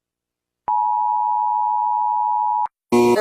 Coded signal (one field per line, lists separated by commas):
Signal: Emergency Alert System (SAME) tones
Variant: 853 and 960 Hz attention tone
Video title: Rating emergency alert systems how nice they are! (Part 3)